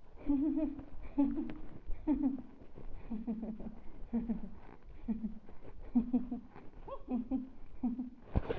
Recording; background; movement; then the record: laughter; quiet; walking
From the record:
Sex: female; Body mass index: 22.6 kg/m2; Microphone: on the chest, facing the body